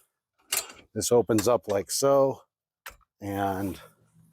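Someone talks while the fold-out center table section of a Tankula outdoor daybed sofa frame is opened up by hand. The section is handled but has not locked into place; nothing has seated or clicked yet.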